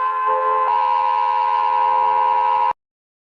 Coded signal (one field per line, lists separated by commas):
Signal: Emergency Alert System (SAME) tones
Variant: 853 and 960 Hz attention tone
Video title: (ARCHIVED) Debunk EAS alarms part 2 (Finally..)